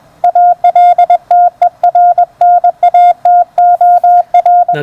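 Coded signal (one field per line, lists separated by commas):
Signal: Morse code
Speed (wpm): 21 wpm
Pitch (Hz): 710 Hz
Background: radio noise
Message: ALTERNATOR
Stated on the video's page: Morse received on the 30 m amateur band with a WBR regenerative receiver.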